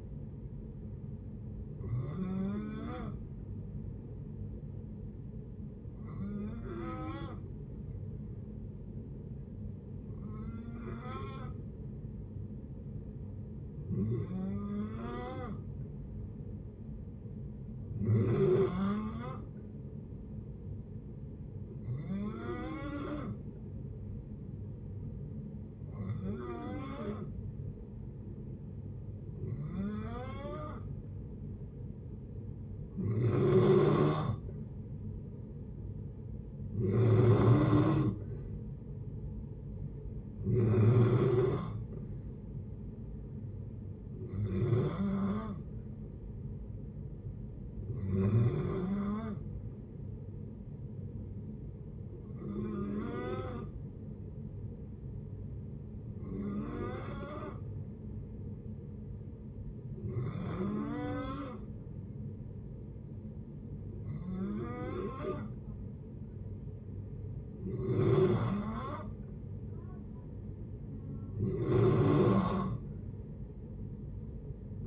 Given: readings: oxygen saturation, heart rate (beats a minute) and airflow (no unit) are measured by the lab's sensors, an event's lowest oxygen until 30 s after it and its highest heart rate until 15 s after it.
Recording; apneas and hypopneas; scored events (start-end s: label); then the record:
breathing in sleep by a smartphone at the bedside; 2
6.00-24.50 s: hypopnea (N2, oxygen 94% highest, then 90% lowest, heart rate 60 at the start, 60 highest)
54.00-70.30 s: hypopnea (N2, oxygen 94% highest, then 90% lowest, heart rate 62 at the start, 63 highest)
From the record:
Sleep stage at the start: N2 (light sleep); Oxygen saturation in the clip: 90 to 94%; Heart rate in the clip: 57 to 63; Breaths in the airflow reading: 19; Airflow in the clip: -6.3 to 4.9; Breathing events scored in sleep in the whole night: 496 in 5.4 hours asleep